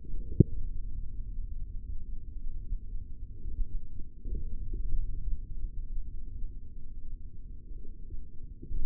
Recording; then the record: forearm muscle sounds (acoustic myography)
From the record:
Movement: forearm supination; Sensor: system 3, bracelet of six PUI Audio POM-2738L microphones around the upper forearm, with dedicated amplification and filtering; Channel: 6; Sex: male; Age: 23 years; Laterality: right